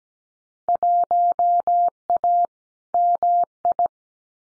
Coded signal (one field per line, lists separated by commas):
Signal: Morse code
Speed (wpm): 17 wpm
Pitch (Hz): 700 Hz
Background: none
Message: 1A MI